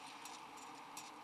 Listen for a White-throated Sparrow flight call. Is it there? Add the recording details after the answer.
no. No flight call is heard. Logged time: 04:49 on 13 December 2014